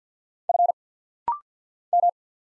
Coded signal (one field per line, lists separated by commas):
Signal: Morse code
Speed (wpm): 48 wpm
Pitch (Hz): 700 Hz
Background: none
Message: F M